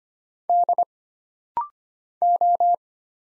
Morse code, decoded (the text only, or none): D O